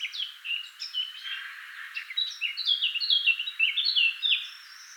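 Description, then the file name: Eurasian blackcap song: a rapid warble of varied notes running almost continuously, growing louder in the second half. "Sylvia atricapilla"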